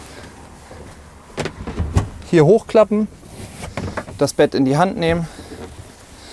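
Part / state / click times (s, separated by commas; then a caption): removable bed board snapping into its mount in a camper van / not seated / none. A removable bed board in the seating area of a 2021 VW T6.1 Westfalia Club Joker high-roof camper van is folded up by hand while someone talks, with a few short knocks and thumps of handling around 2.2, 3.8 and 4.0 seconds. The board has not snapped into its mount yet; nothing has seated or clicked.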